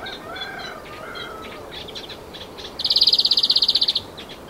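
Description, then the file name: European greenfinch call: after soft scattered twitters, one loud quick trill of many identical notes lasting just over a second, set against steady background noise. "Chloris chloris"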